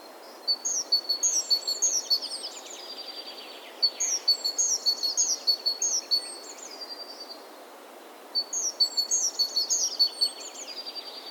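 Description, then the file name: Great tit calls in three separate phrases of rapid, high-pitched repeated notes and downward slurs, separated by short pauses, with steady soft hiss behind. "Parus major"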